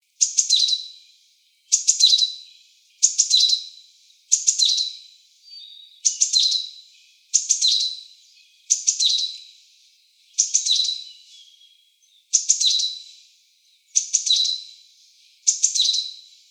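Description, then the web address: Japanese tit song: a bright, high phrase repeated about every one and a half seconds, eleven times, with no other clear sounds. "birdenaga sijukara"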